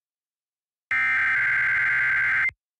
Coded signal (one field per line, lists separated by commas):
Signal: Emergency Alert System (SAME) tones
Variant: header bursts